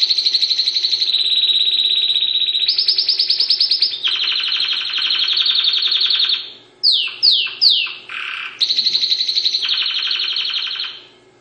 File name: dutch canary sound